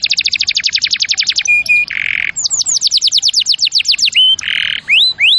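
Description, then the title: Canary song with a fast steady trill, a brief flat whistle, a buzzy low burst, then a series of falling sweeps and more buzz. Champion canary song used as a master recording for training other birds. "Masteran Kenari Juara"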